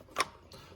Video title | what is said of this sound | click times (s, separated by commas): Turbo LS Caravan build - installing the new 80e, fabbing up a shifter bracket for full sleeper! | that fits and locks in place. | 0.2 s, 0.5 s